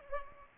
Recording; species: mosquito wingbeat signal from an infrared sensor; Culex pipiens